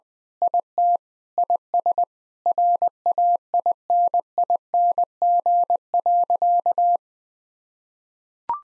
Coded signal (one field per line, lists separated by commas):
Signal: Morse code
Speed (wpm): 20 wpm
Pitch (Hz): 700 Hz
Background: none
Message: IT IS RAINING.